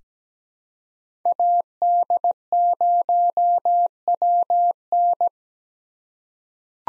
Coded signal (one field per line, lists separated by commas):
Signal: Morse code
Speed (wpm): 17 wpm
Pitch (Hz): 700 Hz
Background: none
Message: AD0WN